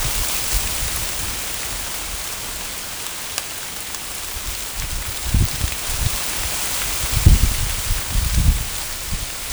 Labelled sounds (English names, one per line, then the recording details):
none
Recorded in forest near Pivijay, Magdalena, Colombia, on 4 June 2023 at 10:30
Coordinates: 10.467, -74.380
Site Z5-G034